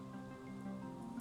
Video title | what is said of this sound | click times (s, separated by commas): Jed Makes a Pouch, Part 1 - European 4 in 1 Tutorial | Twist it shut. And that's a nice click there. | 1.2 s